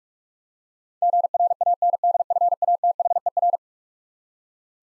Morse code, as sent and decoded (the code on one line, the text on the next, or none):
--. .-. .- -. -.. ..-. .- - .... . .-.
GRANDFATHER